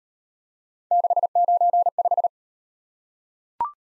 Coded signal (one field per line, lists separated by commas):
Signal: Morse code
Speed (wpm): 36 wpm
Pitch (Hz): 700 Hz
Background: none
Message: 695